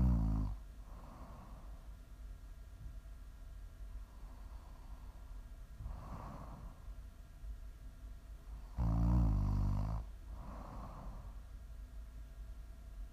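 An adult snoring in sleep, as ASMR: slow sleep breathing with soft airy breaths and one loud, low rattling snore partway through.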